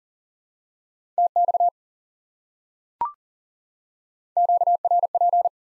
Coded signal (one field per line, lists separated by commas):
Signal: Morse code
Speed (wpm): 40 wpm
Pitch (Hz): 700 Hz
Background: none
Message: TX QRP